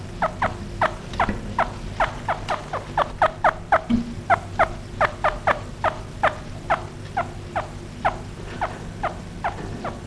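Chinchilla giving a long series of short, sharp squeaky chirps, about two to three per second, with a low background hum.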